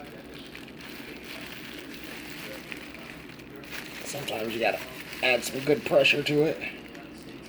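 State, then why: Not seated. A turbo shaft with its snap ring is pressed down with even pressure on both sides into the turbo center housing (CHRA) during a Saab Stage 3 14T turbo build, with a steady hiss and a few faint ticks underneath while someone talks. The clip ends before the shaft goes home, and nothing has seated or clicked yet.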